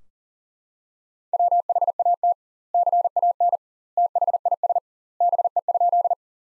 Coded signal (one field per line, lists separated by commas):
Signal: Morse code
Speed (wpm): 37 wpm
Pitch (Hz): 700 Hz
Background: none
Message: WHAT CAN THIS BE?